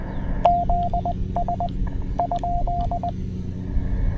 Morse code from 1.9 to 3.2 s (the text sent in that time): ?